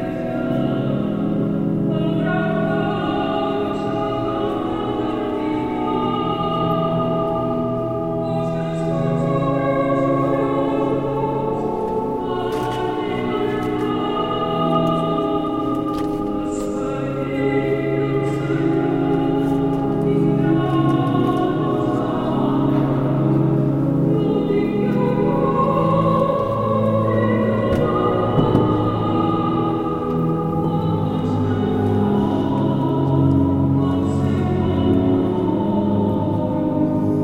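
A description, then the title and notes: A service at the Basilica Santa Maria Del Mar fills with steady, layered sustained tones shifting every few seconds, with occasional brief knocks. Basilica Santa Maria Del Mar, Barcelona, Spain. I walked in on a service (unknown) at the Basilica Santa Maria Del Mar.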